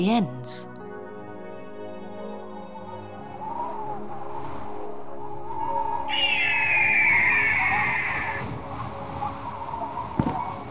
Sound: fx: wind / baby dragon wings flapping